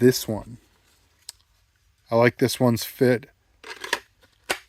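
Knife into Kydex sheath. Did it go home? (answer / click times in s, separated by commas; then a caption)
yes / 4.5 s. A Busse knife blade is pushed into a custom-molded Kydex sheath while someone talks. The sheath's retention point snaps over the blade with a sharp click at 4.5 s, and the knife is fully seated with no rattle and no play.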